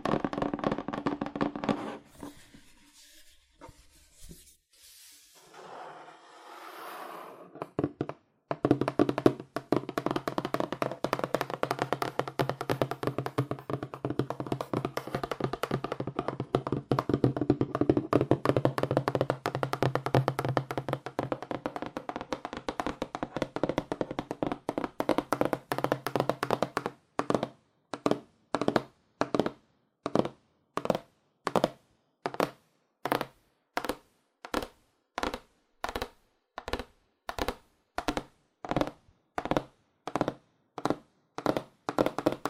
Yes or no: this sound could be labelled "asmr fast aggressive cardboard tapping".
yes